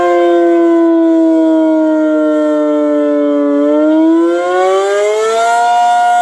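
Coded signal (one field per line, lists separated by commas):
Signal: siren signal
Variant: ACA P-50 siren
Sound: a loud, steady, buzzy siren tone that dips slightly in pitch, then rises back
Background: outdoor ambience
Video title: REVERSE WIRED ACA P-50 Tornado Siren Test, Alert & Fire, Milwaukee, WI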